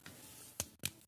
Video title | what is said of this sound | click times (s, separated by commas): Unboxing & Review Transformers Legendary Optimus Prime Takara Tomy | lateralmente scatta adesso | 0.6 s, 0.8 s